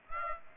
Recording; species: mosquito wingbeat signal from an infrared sensor; Aedes aegypti